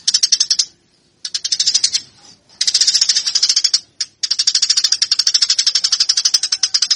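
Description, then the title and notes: Eurasian tree sparrow giving a fighting call in several long bursts of quick, shrill chirps separated by short silences. Fighting (tarung) sparrow sound used to train birds; Indonesian name burung gereja. "MASTER GEREJA TARUNG 1. burung gereja"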